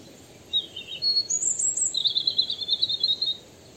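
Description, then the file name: European robin opening with thin high notes and a very high squeaky phrase, followed by a fast run of repeated high notes. "Erithacus rubecula"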